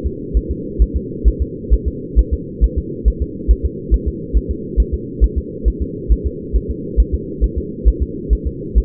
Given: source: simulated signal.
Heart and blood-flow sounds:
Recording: fetal heart sounds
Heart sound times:
0.06 s: S2
0.37 s: S1
0.51 s: S2
0.82 s: S1
0.96 s: S2
1.28 s: S1
1.42 s: S2
1.73 s: S1
1.88 s: S2
2.19 s: S1
2.33 s: S2
2.64 s: S1
2.78 s: S2
3.08 s: S1
3.22 s: S2
3.51 s: S1
3.65 s: S2
3.94 s: S1
4.08 s: S2
4.37 s: S1
4.51 s: S2
4.80 s: S1
4.94 s: S2
5.24 s: S1
5.38 s: S2
5.68 s: S1
5.82 s: S2
6.12 s: S1
6.26 s: S2
6.56 s: S1
6.71 s: S2
7.00 s: S1
7.14 s: S2
7.44 s: S1
7.58 s: S2
7.88 s: S1
8.02 s: S2
8.33 s: S1
8.47 s: S2
8.78 s: S1
From the record:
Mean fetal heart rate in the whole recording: 135 bpm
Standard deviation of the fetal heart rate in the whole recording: 3 bpm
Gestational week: 34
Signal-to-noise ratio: -4.1 dB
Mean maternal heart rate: no maternal heart sound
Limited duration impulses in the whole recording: absent

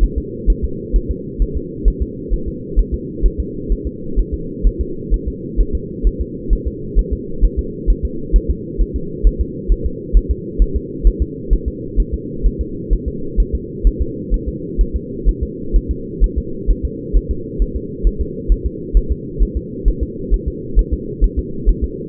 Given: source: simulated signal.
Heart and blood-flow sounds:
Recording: fetal heart sounds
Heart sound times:
0.04 s: S1
0.18 s: S2
0.50 s: S1
0.64 s: S2
0.96 s: S1
1.11 s: S2
1.42 s: S1
1.57 s: S2
1.88 s: S1
2.02 s: S2
2.33 s: S1
2.48 s: S2
2.79 s: S1
2.94 s: S2
3.26 s: S1
3.40 s: S2
3.72 s: S1
3.87 s: S2
4.19 s: S1
4.34 s: S2
4.67 s: S1
4.81 s: S2
5.14 s: S1
5.28 s: S2
5.60 s: S1
5.75 s: S2
6.07 s: S1
6.21 s: S2
6.53 s: S1
6.67 s: S2
6.99 s: S1
7.13 s: S2
7.44 s: S1
7.59 s: S2
7.90 s: S1
8.05 s: S2
8.36 s: S1
8.50 s: S2
8.81 s: S1
8.96 s: S2
9.27 s: S1
9.41 s: S2
9.72 s: S1
9.86 s: S2
10.17 s: S1
10.31 s: S2
10.62 s: S1
10.76 s: S2
11.07 s: S1
11.22 s: S2
11.53 s: S1
11.68 s: S2
12.00 s: S1
12.14 s: S2
12.46 s: S1
12.61 s: S2
12.93 s: S1
13.08 s: S2
13.40 s: S1
13.55 s: S2
13.87 s: S1
14.01 s: S2
14.34 s: S1
14.48 s: S2
14.81 s: S1
14.96 s: S2
15.29 s: S1
15.43 s: S2
15.76 s: S1
15.91 s: S2
16.24 s: S1
16.38 s: S2
16.71 s: S1
16.85 s: S2
17.17 s: S1
17.31 s: S2
17.62 s: S1
17.76 s: S2
18.07 s: S1
18.21 s: S2
18.52 s: S1
18.66 s: S2
18.97 s: S1
19.12 s: S2
19.43 s: S1
19.57 s: S2
19.88 s: S1
20.03 s: S2
20.34 s: S1
20.48 s: S2
20.79 s: S1
20.94 s: S2
21.24 s: S1
21.39 s: S2
21.69 s: S1
21.84 s: S2
From the record:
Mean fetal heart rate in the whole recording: 130 bpm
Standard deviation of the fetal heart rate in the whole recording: 2 bpm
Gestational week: 36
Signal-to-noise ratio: -4.3 dB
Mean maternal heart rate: 72 bpm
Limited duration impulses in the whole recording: absent

